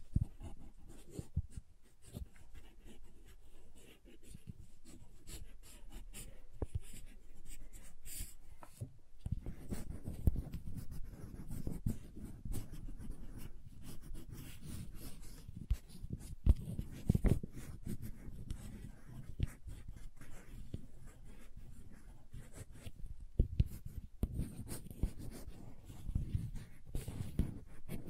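Crayons scrape and tap against paper in a dense, uneven run of short strokes, mostly low and dull with scattered sharp clicks. The activity is lighter in the first eight seconds, then thickens into steadier scratching with brief pauses through the rest.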